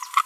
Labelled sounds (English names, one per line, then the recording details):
Green-rumped Parrotlet babbling
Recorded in a nest box in Venezuela
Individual 18B25A3